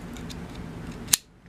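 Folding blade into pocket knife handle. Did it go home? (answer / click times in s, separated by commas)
yes / 1.1 s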